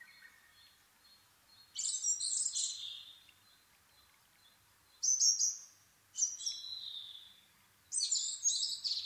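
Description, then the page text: Asian brown flycatcher song: four bursts of high scratchy chirps and thin whistles, separated by pauses. Nikko, Japan, 26 April 2011 at 4:39, altitude 730 m; Sony PCM-D50 with Panasonic WM-61A microphone. "kosamebitaki 20110426-0439. Muscicapa dauurica [Sounds -Nikko Today-]. 4/ 26 2011, 4:39 alt=730m"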